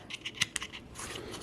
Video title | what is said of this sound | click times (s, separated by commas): Cupluw Cold Brew Mason Jar Pitcher Coffee Maker 64 Ounces Gadget Review | Is it a sn There we go. It's a snap. | 0.6 s